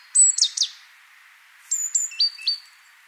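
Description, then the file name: Great tit calls: a high thin whistled note dropping into harsh, buzzy down-slurred notes, then after a short pause a series of thin whistled notes stepping lower in pitch. "Parus major"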